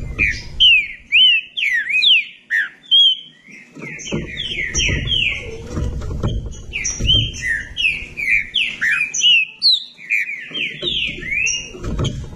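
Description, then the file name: Green-winged saltator song: a long run of rich, slurred whistled phrases, rising and falling, delivered in quick succession with brief pauses; some low rumbling noise underneath. "canto do trinca ferro"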